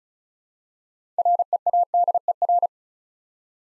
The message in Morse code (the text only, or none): READER